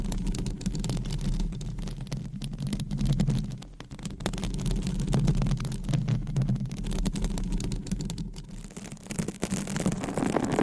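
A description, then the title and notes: Microphone scratching runs continuously with a dense, rough scraping texture. A steady low rumble and hum sit underneath, while sharp crackling strokes come in quick, irregular bursts across the whole clip. A brief dip in loudness comes just before the four-second mark. Mic Scratching - Brain Scratching with 20 DIFFERENT MICS & CLAWS.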